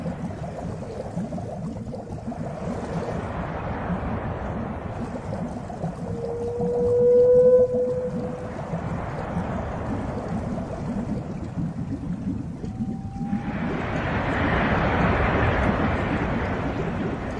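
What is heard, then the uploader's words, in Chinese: Whale calls in the deep sea: a steady low rumble with rising tonal cries near seven and thirteen seconds, followed by a broad hiss. 深海鲸鱼声。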